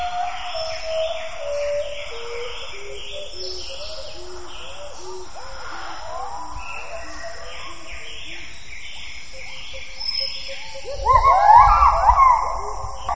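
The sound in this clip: Gibbon calls: many overlapping short rising whoops in a busy chorus, building to a louder, denser burst of rising notes near the end.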